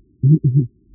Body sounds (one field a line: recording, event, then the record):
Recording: neck accelerometer signal played as sound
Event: voluntary cough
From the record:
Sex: female